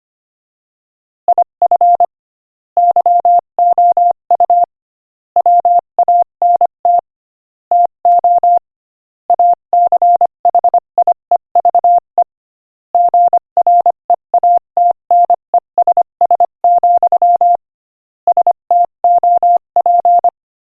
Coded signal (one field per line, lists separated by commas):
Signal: Morse code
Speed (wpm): 25 wpm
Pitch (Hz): 700 Hz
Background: none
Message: IF YOU WANT TO ACHIEVE GREATNESS, STOP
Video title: Morse Code Practice: 25 wpm Inspirational Quote 17